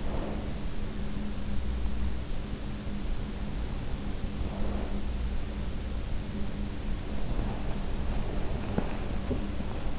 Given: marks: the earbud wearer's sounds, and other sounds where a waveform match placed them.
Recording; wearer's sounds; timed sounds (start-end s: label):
sounds in sleep by an in-ear microphone; breath
0.00-0.63 s: breath
4.31-5.07 s: breath
7.56-9.99 s: sound from someone else or the room